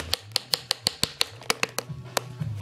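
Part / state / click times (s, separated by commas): skate cuff buckle into its ratchet/clasp on the boot / not seated / none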